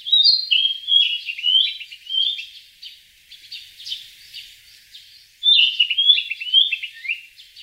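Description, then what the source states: Narcissus flycatcher song: bright whistled phrases of quick, slurred notes, coming in two bursts separated by a softer, rambling passage. Recorded in a garden in Tokyo, Japan.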